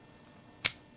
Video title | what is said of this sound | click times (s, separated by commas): How to Change Blades on Havalon Piranta - OsoGrandeKnives | Slide the blade to the left to hear it snap give the blade a little tug to the right to make sure it's secure | 0.7 s